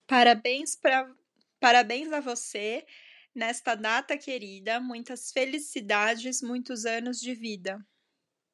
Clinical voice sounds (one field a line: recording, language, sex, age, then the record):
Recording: short text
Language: Brazilian Portuguese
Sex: female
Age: 30 to 39 years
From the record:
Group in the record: control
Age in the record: 30 years